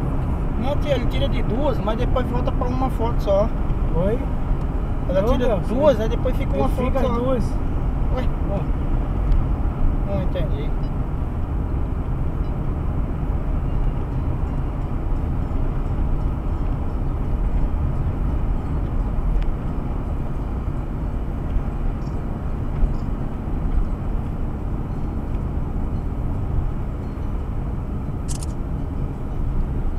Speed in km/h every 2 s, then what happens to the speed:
52, 51, 50, 51, 49, 49, 48, 48, 47, 46, 46, 44, 42, 42, 43.
0-30 slows to 43.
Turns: none.